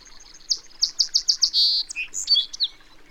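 Bird song: a run of several sharp high notes, then a buzzy trill and a few varied squeaky notes, with faint background hiss.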